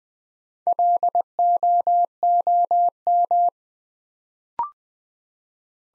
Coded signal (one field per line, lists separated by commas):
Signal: Morse code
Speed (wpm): 20 wpm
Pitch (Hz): 700 Hz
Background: none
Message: LOOM